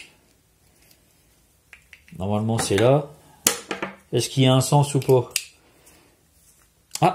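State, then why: Seated. A plastic part of a figure model kit is turned the right way round and pressed into its mating part, while someone talks in between. Small plastic handling ticks are followed by a sharp click at 6.9 s as the part seats and fits properly.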